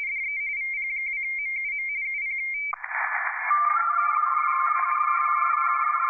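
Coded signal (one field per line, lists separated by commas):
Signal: RTTY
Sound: a steady whistle, then rapid warbling two-tone chatter from several teletype signals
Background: radio static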